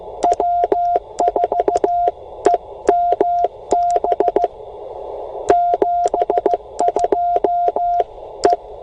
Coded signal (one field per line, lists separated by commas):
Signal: Morse code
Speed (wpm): 14 wpm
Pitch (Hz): 700 Hz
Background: none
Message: W4EMB 72 E